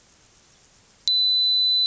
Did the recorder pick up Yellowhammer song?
no